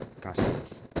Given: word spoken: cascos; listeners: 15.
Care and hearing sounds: one Spanish word in noise, from a listening test; noise modulated by one talker; -12.1 dB; 0 of 15; 13 of 15; 0.60 s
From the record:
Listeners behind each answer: 13, 1, 1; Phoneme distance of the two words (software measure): 7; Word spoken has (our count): 2 syllables, 6 phonemes, stress on syllable 1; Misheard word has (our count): 2 syllables, 5 phonemes, stress on syllable 1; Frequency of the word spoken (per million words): 14.87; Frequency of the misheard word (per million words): 247.74

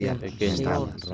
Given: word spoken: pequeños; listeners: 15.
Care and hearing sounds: one Spanish word in noise, from a listening test; four-talker babble; -2.0 dB; 3 of 15; 6 of 15; 0.74 s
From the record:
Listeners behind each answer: 6, 3, 3, 1, 1, 1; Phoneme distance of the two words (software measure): 7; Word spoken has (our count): 3 syllables, 7 phonemes, stress on syllable 2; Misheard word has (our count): 3 syllables, 6 phonemes, stress on syllable 2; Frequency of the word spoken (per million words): 82.44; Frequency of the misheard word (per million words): 115.21

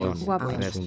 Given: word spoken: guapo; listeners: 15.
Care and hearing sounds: one Spanish word in noise, from a listening test; four-talker babble; 0.5 dB; 0 of 15; 6 of 15; 0.47 s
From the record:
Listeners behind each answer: 6, 6, 1, 1, 1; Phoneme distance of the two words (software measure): 7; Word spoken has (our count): 2 syllables, 5 phonemes, stress on syllable 1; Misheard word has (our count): 2 syllables, 6 phonemes, stress on syllable 1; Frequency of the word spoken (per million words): 8.39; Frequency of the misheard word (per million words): 1.55

